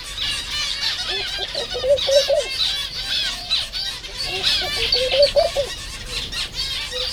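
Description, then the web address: White-handed gibbon whoops, short rising tonal hoots in two bursts about three seconds apart, over a dense chorus of chirping birds. Captive at Jászberény Zoo, 30 April 2016, with many bird species. "allathangok jaszberenyizoo 2016 madarak tobbfelemadar feherkezugibbonis 04 30"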